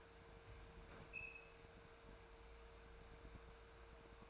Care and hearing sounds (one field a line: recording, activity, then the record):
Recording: daily activity, microphone in the room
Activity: open fridge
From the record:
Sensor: 2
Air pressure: 1014.7 hPa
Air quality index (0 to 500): 191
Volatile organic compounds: 16 ppm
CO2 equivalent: 2523 ppm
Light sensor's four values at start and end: 20/51/21/24 and 13/32/13/14